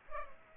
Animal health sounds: mosquito wingbeat signal from an infrared sensor; Culex pipiens

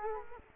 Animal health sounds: mosquito wingbeat signal from an infrared sensor; Culex quinquefasciatus

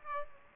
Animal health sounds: mosquito wingbeat signal from an infrared sensor; Aedes aegypti

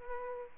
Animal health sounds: mosquito wingbeat signal from an infrared sensor; Aedes aegypti

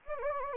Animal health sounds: mosquito wingbeat signal from an infrared sensor; Anopheles gambiae

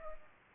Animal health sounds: mosquito wingbeat signal from an infrared sensor; Culex pipiens

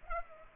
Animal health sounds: mosquito wingbeat signal from an infrared sensor; Culex pipiens

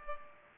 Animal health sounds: mosquito wingbeat signal from an infrared sensor; Culex pipiens

